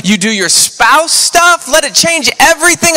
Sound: none